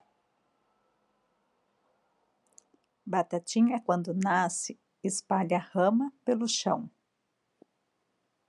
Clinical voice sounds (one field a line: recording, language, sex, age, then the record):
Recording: short text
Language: Brazilian Portuguese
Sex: female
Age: 50 to 59 years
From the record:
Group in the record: control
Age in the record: 51 years